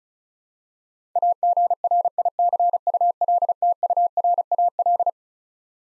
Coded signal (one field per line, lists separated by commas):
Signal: Morse code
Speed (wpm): 36 wpm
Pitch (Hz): 700 Hz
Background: none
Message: AGRICULTURAL